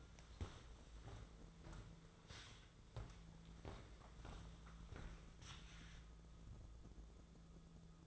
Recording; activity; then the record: daily activity, microphone in the room; walk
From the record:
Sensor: 3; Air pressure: 1005.5 hPa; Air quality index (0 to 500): 96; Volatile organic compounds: 3 ppm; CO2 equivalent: 1506 ppm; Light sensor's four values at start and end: 10/24/10/10 and 10/24/10/9